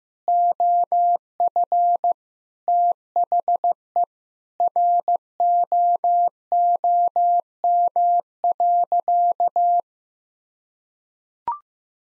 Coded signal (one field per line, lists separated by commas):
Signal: Morse code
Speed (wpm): 15 wpm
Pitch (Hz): 700 Hz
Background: none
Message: OF THE ROOM.